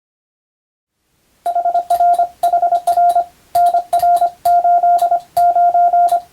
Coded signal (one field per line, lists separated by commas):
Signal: Morse code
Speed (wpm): 25 wpm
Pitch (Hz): 700 Hz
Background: none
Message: HRHR NR89